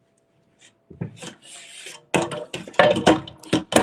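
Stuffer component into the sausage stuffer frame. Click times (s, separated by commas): 2.1 s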